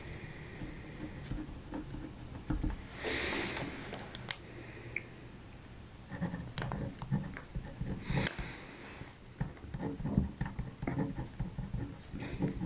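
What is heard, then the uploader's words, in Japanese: Someone eats crunchy sweet potato sticks while copying poems out by hand. Irregular crisp crunches, clicks and scratchy strokes continue throughout, with louder bursts near 3 and 8 seconds, over a faint, steady low hum. 芋けんぴを食べつつ、「詩のレッスン」から詩数篇を書き写す音。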